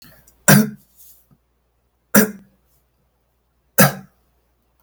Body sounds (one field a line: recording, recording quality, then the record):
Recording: heavy voluntary cough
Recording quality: excellent, no background noise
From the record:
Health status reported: recovered from COVID-19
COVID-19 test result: positive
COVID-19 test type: RT-PCR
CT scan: not taken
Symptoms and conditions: none ticked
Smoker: no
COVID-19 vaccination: none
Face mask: not worn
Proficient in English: yes